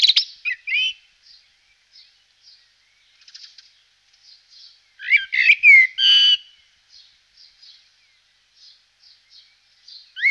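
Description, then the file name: Common blackbird singing: soft high squeaks and short notes between a few rich warbled phrases in the middle, with a rising whistle at the end. Recorded in 2004. "roche. amsel"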